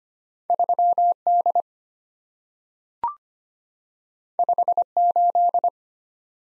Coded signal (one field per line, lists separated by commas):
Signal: Morse code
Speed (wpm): 25 wpm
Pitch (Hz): 700 Hz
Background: none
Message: 3D 58